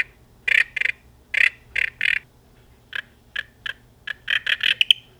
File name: Rana sauteri